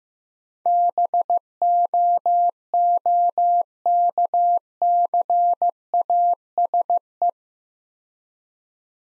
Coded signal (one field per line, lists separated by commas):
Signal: Morse code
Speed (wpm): 16 wpm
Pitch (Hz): 700 Hz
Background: none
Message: BOOKCASE